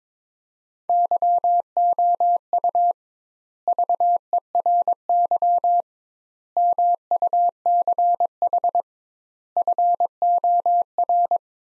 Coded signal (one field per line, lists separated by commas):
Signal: Morse code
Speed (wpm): 22 wpm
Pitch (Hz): 700 Hz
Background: none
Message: YOU VERY MUCH FOR